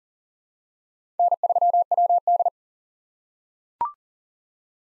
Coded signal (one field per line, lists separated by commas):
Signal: Morse code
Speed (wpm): 40 wpm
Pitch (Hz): 700 Hz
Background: none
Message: N3WD